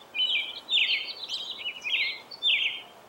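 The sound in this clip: Robin singing a few short warbled phrases of high, squeaky twittering notes, separated by brief pauses, against a soft hiss of background noise.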